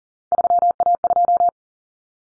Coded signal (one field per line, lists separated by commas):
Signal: Morse code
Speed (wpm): 40 wpm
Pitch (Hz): 700 Hz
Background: none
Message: 3A2